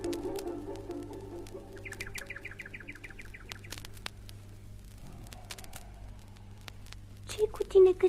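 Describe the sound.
A nightingale sings a quick run of repeated high chirping notes, then goes quieter with scattered sharp clicks, before a voice briefly breaks in at the very end.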